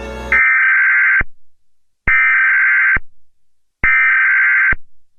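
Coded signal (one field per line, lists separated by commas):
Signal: Emergency Alert System (SAME) tones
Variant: header bursts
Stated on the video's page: Fake EAS mock, simulated, not a real activation.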